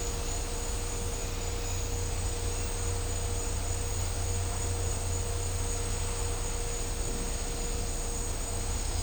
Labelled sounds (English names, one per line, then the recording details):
none
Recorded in dense forest near Puerto Asís, Putumayo, Colombia, on 26 December 2024 at 09:00
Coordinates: 0.503, -76.323
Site G043